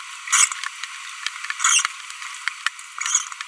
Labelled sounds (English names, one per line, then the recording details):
Green-rumped Parrotlet babbling
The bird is a female
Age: 23 days
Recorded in a nest box in Venezuela
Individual 17B42B2